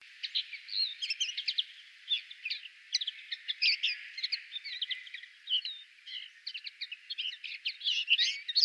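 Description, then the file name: European greenfinch producing a clear, animated series of chattering chirps and short rattles, with small pauses between bursts and a louder flourish at the close. "Chloris chloris"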